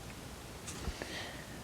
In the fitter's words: And then drop your ankle on top, and it'll just click right in for you.